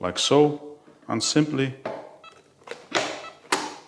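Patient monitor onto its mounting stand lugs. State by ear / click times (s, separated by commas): seated / 3.5 s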